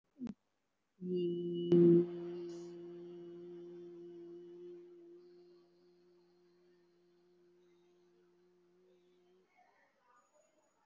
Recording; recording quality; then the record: sustained vowel as in beet; excellent, no background noise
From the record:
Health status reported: COVID-19 positive, mild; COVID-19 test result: positive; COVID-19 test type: RT-PCR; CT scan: not taken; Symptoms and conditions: fever, loss of smell and taste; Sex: female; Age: 48 years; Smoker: no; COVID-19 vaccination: both doses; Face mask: worn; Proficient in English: yes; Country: India